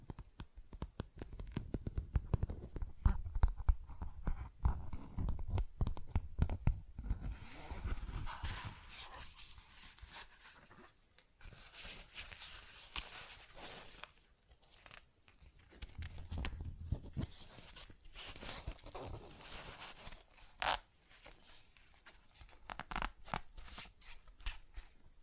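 Tapping, scratching and zipper sounds: dense scratchy rustling and quick taps, heavier in the first eight seconds, then sparser, with sharp clicks throughout.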